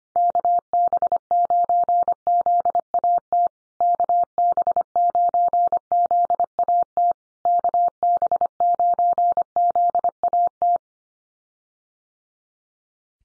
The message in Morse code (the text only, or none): KB9ZAT KB9ZAT KB9ZAT